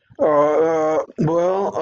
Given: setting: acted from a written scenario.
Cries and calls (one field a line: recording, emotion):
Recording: vocal sound without words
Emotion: shame